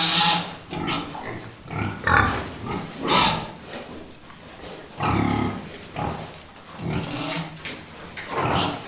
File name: Pig